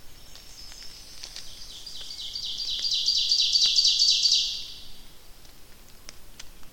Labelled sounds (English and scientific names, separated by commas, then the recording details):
Ovenbird (Seiurus aurocapilla) song
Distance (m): 25 m
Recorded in boreal forest in Alberta, Canada, on 29 May 2016 at 08:38
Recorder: SongMeter 3, array SBT-3-49
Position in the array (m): 53 m, 173 m
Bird 15